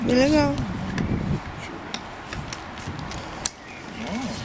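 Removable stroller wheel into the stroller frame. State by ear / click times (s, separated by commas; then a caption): seated / 3.5 s. Someone talks as a removable wheel is taken off the frame of a compact Chicco Echo stroller and fitted back on, with a few faint knocks along the way. A sharp click at 3.5 s marks the wheel seating into place in the stroller frame.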